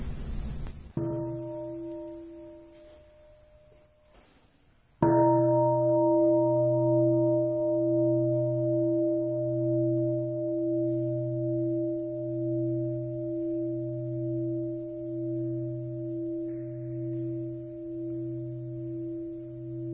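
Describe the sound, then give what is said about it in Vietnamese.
A meditation bell is struck twice during a Buddhist dharma talk, each strike ringing out with a deep, resonant tone that hums and pulses slowly as it sustains for many seconds without any talking. “Giờ mình thỉnh ba tiếng chuông để cho các vị ngồi thảnh thơi 5-3 phút rồi chúng ta nói chuyện tiếp.”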